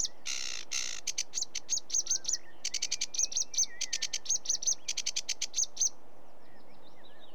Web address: BBC Sound Effects Library BBC - Birds Sedge Warbler